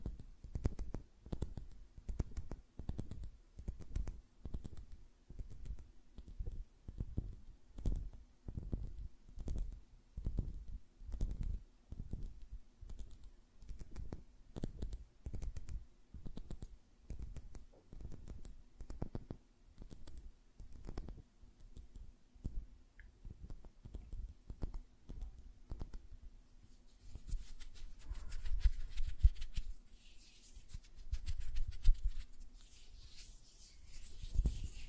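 Fingernails tap and flutter in quick, regular bursts, each a short low thump with a light click, repeating several times a second for most of the clip. A faint steady hum runs underneath, and after about 27 seconds the tapping turns brighter and more rustling.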